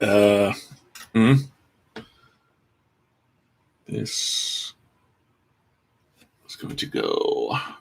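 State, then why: Not seated. Someone talks while handling a plastic Gundam model kit part over the model's plastic frame, with a brief tick around 2.0 s and short bursts of music later. The part has not clicked or seated yet.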